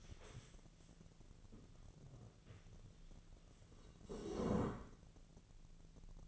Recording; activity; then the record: daily activity, microphone in the room; stand up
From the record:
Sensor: 4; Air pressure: 1001.3 hPa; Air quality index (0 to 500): 182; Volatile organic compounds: 2 ppm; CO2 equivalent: 1302 ppm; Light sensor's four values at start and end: 15/34/14/14 and 14/33/14/14